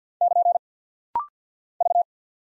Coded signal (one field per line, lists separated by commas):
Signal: Morse code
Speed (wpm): 48 wpm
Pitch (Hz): 700 Hz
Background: none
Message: <KN> V